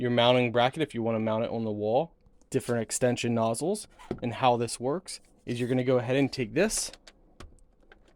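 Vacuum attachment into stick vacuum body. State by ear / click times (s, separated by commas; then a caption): seated / 7.4 s. Someone talks while a plastic attachment is slid onto the body of a cordless stick vacuum. The attachment latches with a sharp click at 7.4 s, followed by a few quieter clicks, and it seats on the vacuum body.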